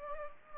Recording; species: mosquito wingbeat signal from an infrared sensor; Culex pipiens